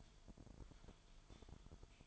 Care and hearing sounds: daily activity, microphone in the room; typing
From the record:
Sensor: 5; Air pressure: 1002.1 hPa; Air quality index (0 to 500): 228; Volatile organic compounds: 30 ppm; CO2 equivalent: 2960 ppm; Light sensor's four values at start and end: 10/24/10/11 and 10/24/10/11

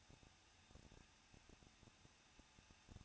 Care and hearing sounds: daily activity, microphone in the room; no activity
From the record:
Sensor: 2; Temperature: 21.0 degrees Celsius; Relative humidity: 37.4%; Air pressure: 1006.2 hPa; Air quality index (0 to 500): 222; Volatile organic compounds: 24 ppm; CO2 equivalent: 2816 ppm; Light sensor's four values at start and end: 2/3/2/2 and 2/3/2/2

